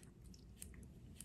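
The metal airflow control ring on the deck of a Hellvape Fat Rabbit RTA (rebuildable tank atomizer) is turned fully open to its locking position on that side. Faint ticks and rubbing sit over a low background hum, and two small, sharp metallic clicks land at 0.6 s and 1.2 s as the ring clicks into its locked position.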